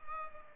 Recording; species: mosquito wingbeat signal from an infrared sensor; Culex pipiens